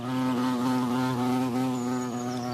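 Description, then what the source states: Bumblebee buzzing, a steady low drone holding one pitch with slight wavering throughout, continuous and unbroken. Bumblebees can learn, navigate and learn from one another.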